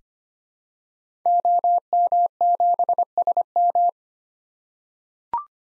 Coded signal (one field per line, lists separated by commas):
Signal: Morse code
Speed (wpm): 25 wpm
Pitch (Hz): 700 Hz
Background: none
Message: OM7SM